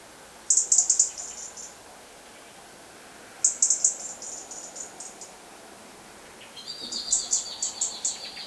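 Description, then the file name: European robin with two separate bursts of thin, very high rapid notes, then a longer tinkling phrase mixing high and slightly lower tones, against a low hiss. "Erithacus rubecula"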